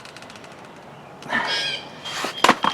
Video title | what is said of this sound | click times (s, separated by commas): Silverado 2500 HD Brakes Hanging Up, Diagnosis and Repair Part 1 | I turned it and that little click you heard that told you it was tight enough. | 2.4 s